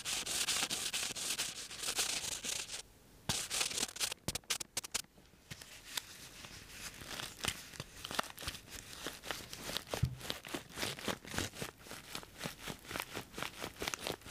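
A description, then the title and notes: Scratching and tapping on objects, opening with a dense, bright rasping scrape that breaks off near three seconds. After that come quick, sharp taps and short scratches, spaced irregularly at first and growing steadier and more frequent toward the end. Tapping and Scratching unusually items.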